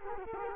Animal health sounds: mosquito wingbeat signal from an infrared sensor; Culex quinquefasciatus

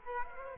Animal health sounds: mosquito wingbeat signal from an infrared sensor; Culex quinquefasciatus

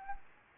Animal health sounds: mosquito wingbeat signal from an infrared sensor; Anopheles gambiae

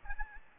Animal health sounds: mosquito wingbeat signal from an infrared sensor; Aedes albopictus

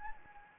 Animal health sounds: mosquito wingbeat signal from an infrared sensor; Anopheles gambiae

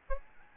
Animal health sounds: mosquito wingbeat signal from an infrared sensor; Aedes albopictus

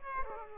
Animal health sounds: mosquito wingbeat signal from an infrared sensor; Aedes aegypti

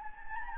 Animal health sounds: mosquito wingbeat signal from an infrared sensor; Anopheles gambiae

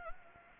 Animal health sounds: mosquito wingbeat signal from an infrared sensor; Anopheles gambiae

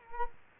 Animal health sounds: mosquito wingbeat signal from an infrared sensor; Culex quinquefasciatus

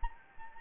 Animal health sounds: mosquito wingbeat signal from an infrared sensor; Anopheles gambiae

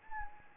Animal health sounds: mosquito wingbeat signal from an infrared sensor; Anopheles gambiae

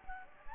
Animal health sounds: mosquito wingbeat signal from an infrared sensor; Anopheles gambiae

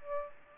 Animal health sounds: mosquito wingbeat signal from an infrared sensor; Aedes aegypti

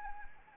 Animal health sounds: mosquito wingbeat signal from an infrared sensor; Anopheles arabiensis

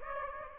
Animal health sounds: mosquito wingbeat signal from an infrared sensor; Aedes aegypti

